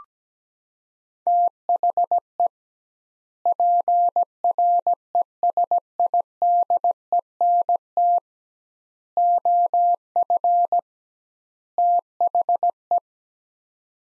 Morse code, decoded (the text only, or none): THE PRESIDENT OF THE